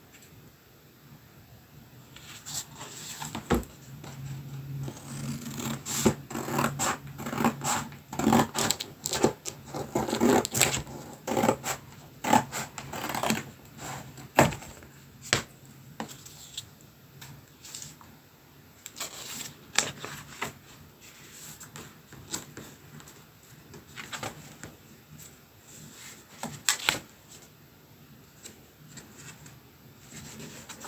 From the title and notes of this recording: Sound spa of scissor cuts, hole punching and ribboning - for mindfulness and ASMR.